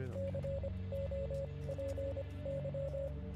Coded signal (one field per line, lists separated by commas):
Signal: Morse code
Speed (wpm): 25 wpm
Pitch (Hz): 550 Hz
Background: none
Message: COPY